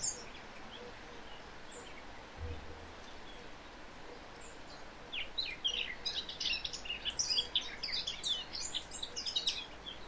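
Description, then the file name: Eurasian blackcap song: quiet for the first half, then a lively, rapid warble of high scratchy and whistled notes fills the remaining seconds. "Sylvia atricapilla"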